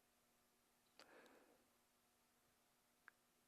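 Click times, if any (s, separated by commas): 1.0 s, 3.1 s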